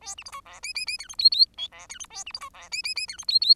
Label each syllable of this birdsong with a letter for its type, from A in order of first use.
A B C D E F F F G H I I J E G H A B C D E F F F G H I I